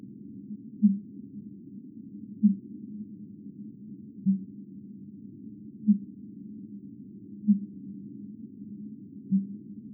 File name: RORQUAL COMMUN extrait 1 accelere 10 fois